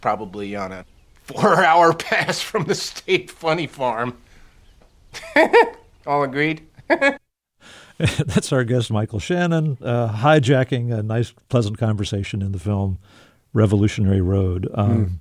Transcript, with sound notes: he's probably on a four-hour pass from the state funny farm (laughter). All agreed?
That's our guest, Michael Shannon, hijacking a nice, pleasant conversation in the film "Revolutionary Road."